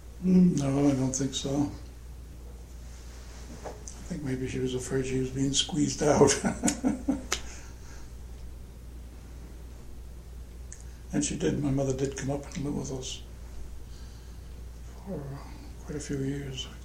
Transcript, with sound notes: No, I don't think so. I think maybe she was afraid she was being squeezed out. [laughter] And she did, my mother, did come up and live with us, for quite a few years.